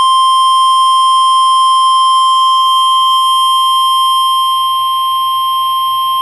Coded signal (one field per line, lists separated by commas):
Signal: Emergency Alert System (SAME) tones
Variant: 1050 Hz attention tone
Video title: Required Weekly Test (EAS 155) 5/31/23